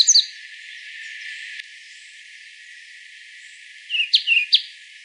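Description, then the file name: European robin giving thin, high notes: a brief cluster at the very start, then a quick run of sharp notes after a long quiet pause. "Erithacus rubecula"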